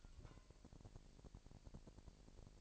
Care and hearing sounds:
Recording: daily activity, microphone in the room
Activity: take from stove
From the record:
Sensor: 5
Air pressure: 1002.1 hPa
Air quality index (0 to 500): 249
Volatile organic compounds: 8 ppm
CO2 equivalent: 2119 ppm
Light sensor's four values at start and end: 25/57/24/27 and 25/57/24/27

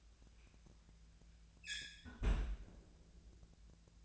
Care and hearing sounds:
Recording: daily activity, microphone in the room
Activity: close fridge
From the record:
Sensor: 2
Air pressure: 1009.6 hPa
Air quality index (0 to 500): 181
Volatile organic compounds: 10 ppm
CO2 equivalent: 2261 ppm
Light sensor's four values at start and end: 27/65/28/31 and 27/65/28/31

